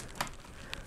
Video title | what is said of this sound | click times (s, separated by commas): How to Build a PC STEP by STEP | look for the little notches that your motherboard has where it can click in hear that click | 0.2 s, 0.7 s